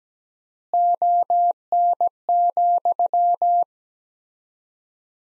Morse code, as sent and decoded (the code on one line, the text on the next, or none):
--- -. --..--
ON,